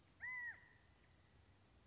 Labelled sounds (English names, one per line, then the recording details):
California Quail
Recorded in Sonoma County, California